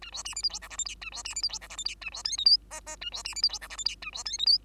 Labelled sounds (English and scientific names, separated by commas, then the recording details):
Bengalese Finch (Lonchura striata domestica) song
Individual Bird2